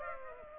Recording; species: mosquito wingbeat signal from an infrared sensor; Aedes aegypti